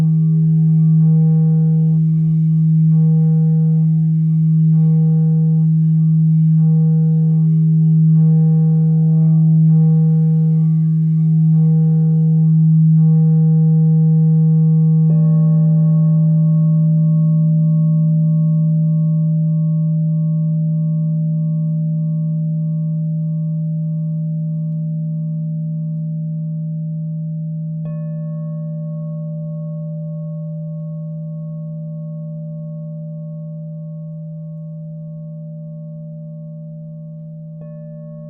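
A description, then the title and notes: A crystal singing bowl hums with a steady low tone and bright pulsing overtones, shifting to a smoother held note at fifteen seconds, slowly fading. I was guided to record 7 crystal singing bowl clips to each represents one of 7 sacred flames AKA 7 sacred rays.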